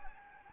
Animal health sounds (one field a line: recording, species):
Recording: mosquito wingbeat signal from an infrared sensor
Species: Anopheles gambiae